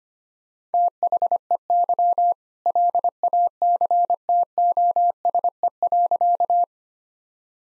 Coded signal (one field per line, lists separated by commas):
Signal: Morse code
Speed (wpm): 25 wpm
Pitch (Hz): 700 Hz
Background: none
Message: THEY LACTOSE.